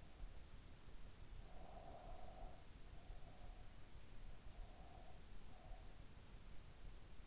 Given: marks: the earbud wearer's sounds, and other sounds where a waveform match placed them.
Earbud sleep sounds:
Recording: sounds in sleep by an in-ear microphone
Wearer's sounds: breath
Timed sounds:
1.23-3.82 s: breath
4.34-6.23 s: breath

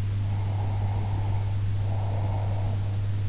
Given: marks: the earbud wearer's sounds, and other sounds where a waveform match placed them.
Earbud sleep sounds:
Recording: sounds in sleep by an in-ear microphone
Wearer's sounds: breath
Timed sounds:
0.26-3.00 s: breath

